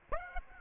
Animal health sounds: mosquito wingbeat signal from an infrared sensor; Aedes aegypti

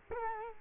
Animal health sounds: mosquito wingbeat signal from an infrared sensor; Culex quinquefasciatus

